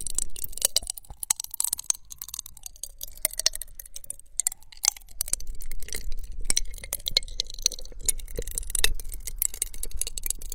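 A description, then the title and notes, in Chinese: Popping candy crackles and snaps in a wet mouth, sharp bright clicks arriving densely and irregularly for the whole stretch, busiest in the second half. A faint wavering tone rises and falls softly underneath. 跳跳糖 口腔音 湿漉漉。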